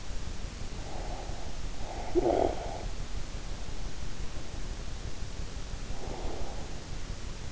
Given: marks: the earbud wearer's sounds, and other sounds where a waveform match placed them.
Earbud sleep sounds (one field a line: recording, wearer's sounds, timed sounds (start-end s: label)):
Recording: sounds in sleep by an in-ear microphone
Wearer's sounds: breath, talking in sleep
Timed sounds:
0.85-3.04 s: breath
2.04-2.67 s: talking in sleep
5.83-6.99 s: breath